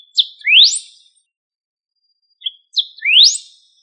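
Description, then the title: Bird song: two bright high phrases, each a couple of brief notes followed by a fast rising buzzy sweep, separated by a short pause; otherwise quiet. "LuckyPassaro Completos2Sama"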